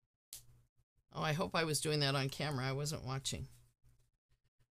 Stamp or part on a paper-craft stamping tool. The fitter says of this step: Yes, you want to do this until it clicks.